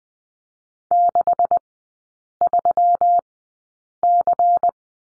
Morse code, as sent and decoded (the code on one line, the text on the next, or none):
-.... ...-- -.-.
63C